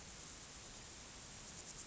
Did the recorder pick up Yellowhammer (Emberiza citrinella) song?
no